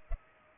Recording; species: mosquito wingbeat signal from an infrared sensor; Culex pipiens